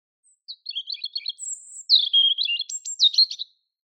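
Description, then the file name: European robin song: soft high twitters, a thin drawn-out whistle, then louder sliding notes and sharp rapid flourishes, all very high-pitched. "Erithacus rubecula"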